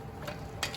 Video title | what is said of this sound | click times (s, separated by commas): How to Replace Front Brakes and Rotors Jeep Grand Cherokee | And it should snap right in just like that. | 0.6 s